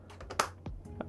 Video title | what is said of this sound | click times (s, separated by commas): How to Wire Up a 32 Amp Plug and Socket Professionally in 10 MINUTES | When you hear a click, it's done. | 0.4 s